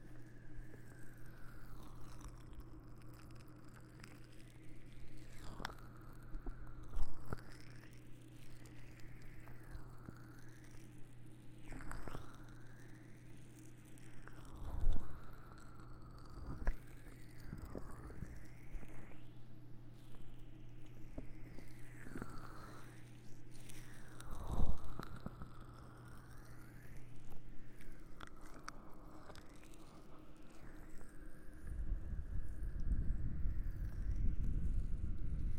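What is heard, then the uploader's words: Ear massage and ear blowing: soft rubbing strokes swish up and down in repeated sweeping swirls, with sharper taps or pops near 7, 15, 17 and 25 seconds. A steady low hum runs underneath until about 28 seconds, then rougher rumbling blowing sounds take over. ASMR Ear Massage Ear Blowing (No Talking).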